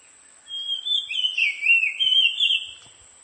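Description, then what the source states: Oriental magpie-robin giving one continuous phrase of rich, fluty whistles that slide up and down in quick succession. Subspecies Copsychus saularis musicus.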